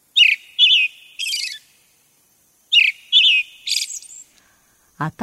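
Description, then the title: Brown-headed thrush song: two phrases about a second apart, each of two clear whistled notes followed by a buzzy trilled ending, then a sharp click at the close. Recorded at Mount Tennyo, Yamanashi Prefecture, Japan. "天女山（山梨県）のアカハラ"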